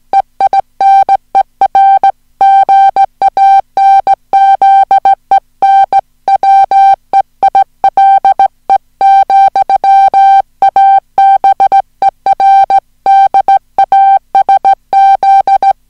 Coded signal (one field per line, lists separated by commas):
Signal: Morse code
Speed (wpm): 16 wpm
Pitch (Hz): 780 Hz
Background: music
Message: EINER GANZEN WEILE, ABER DASZ